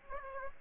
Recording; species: mosquito wingbeat signal from an infrared sensor; Aedes aegypti